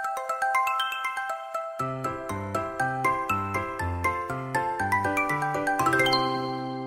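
A melodic telephone ringtone plays alone, bright chiming notes in a quick bouncing rhythm, joined by a steady bass line partway through and ending on a held, ringing chord.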